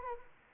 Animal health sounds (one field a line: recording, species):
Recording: mosquito wingbeat signal from an infrared sensor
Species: Anopheles arabiensis